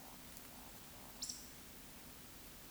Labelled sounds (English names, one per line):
Eurasian Woodcock whistle
Eurasian Woodcock croak